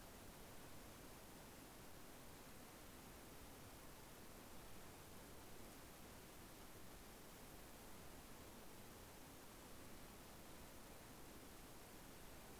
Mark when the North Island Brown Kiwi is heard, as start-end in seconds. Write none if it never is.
none